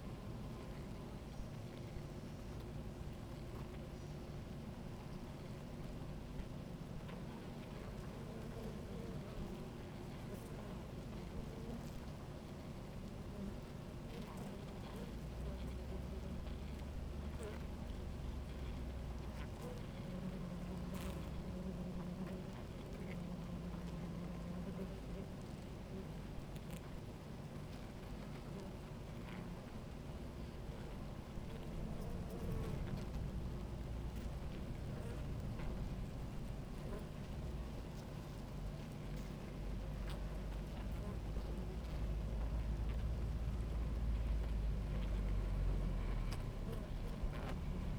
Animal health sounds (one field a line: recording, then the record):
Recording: honeybee colony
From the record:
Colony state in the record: active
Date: 28 July 2017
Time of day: 17:03